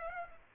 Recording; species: mosquito wingbeat signal from an infrared sensor; Aedes aegypti